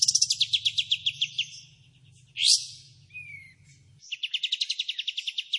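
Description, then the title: Kapas tembak song, a fast even trill of high notes, then a sharp upward sweep and a short descending whistle, then the trill again; low humming through the first part. Bird singing loudly with long, extended bursts (tembakan and besetan). "KAPAS TEMBAK GACOR TEMBAKAN DAN BESETAN PANJANG"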